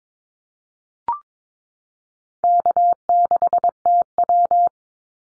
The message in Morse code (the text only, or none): K6TW